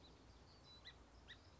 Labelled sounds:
Song Sparrow (Melospiza melodia)
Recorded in Sonoma County, California

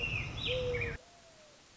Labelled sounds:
Mourning Dove (Zenaida macroura)
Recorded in Sonoma County, California

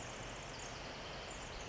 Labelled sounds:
Pacific Wren (Troglodytes pacificus)
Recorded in Sonoma County, California

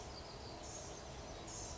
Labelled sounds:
Blue-gray Gnatcatcher (Polioptila caerulea)
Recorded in Sonoma County, California

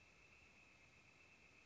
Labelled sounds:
Northern Flicker (Colaptes auratus)
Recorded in Sonoma County, California

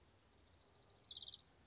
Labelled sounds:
Orange-crowned Warbler (Leiothlypis celata)
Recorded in Sonoma County, California

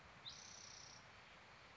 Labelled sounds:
Spotted Towhee (Pipilo maculatus)
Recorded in Sonoma County, California

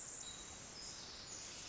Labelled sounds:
Pacific Wren (Troglodytes pacificus)
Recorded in Sonoma County, California

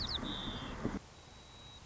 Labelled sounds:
White-crowned Sparrow (Zonotrichia leucophrys)
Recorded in Sonoma County, California

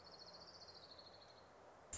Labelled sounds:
Orange-crowned Warbler (Leiothlypis celata)
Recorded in Sonoma County, California

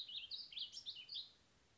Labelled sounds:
Warbling Vireo (Vireo gilvus)
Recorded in Sonoma County, California

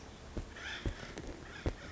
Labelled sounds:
Acorn Woodpecker (Melanerpes formicivorus)
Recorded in Sonoma County, California

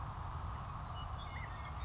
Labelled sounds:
Western Meadowlark (Sturnella neglecta)
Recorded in Sonoma County, California

